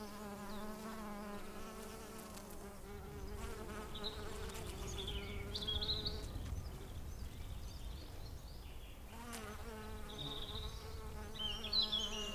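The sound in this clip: Bee buzzing: a steady, low droning hum that fades out midway and returns, with high chirping birds in the background.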